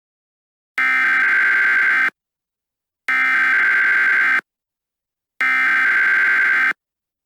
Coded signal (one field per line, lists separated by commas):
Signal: Emergency Alert System (SAME) tones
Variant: header bursts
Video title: EAS Scenario #1: Ghostbusters